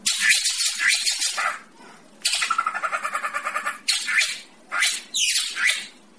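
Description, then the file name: Racket-tailed drongo song: harsh rasping notes, a steady rattling trill of about a dozen pulses, then more loud, grating calls in quick succession. "tieng cheo beo duoi co"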